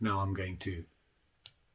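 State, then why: Seated. Someone talks as the pry bar of a Gerber Armbar Drive folding multi-tool is closed into the handle. At 1.5 s it snaps under the slide lock with a single sharp metal click, and the pry bar is seated.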